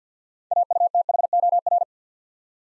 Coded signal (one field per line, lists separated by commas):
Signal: Morse code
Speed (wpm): 50 wpm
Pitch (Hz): 700 Hz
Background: none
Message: AUTHOR